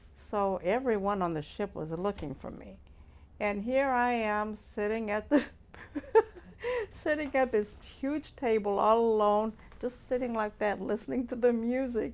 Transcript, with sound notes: So everyone on the ship was looking for me, and here I am, sitting at the — [laughs] sitting at this huge table, all alone, just sitting like that, listening to the music!